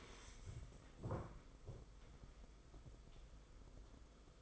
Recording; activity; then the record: daily activity, microphone in the room; stand up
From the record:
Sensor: 5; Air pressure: 990.7 hPa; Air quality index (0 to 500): 150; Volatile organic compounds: 159 ppm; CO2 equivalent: 4060 ppm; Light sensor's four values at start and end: 44/133/51/55 and 44/133/51/55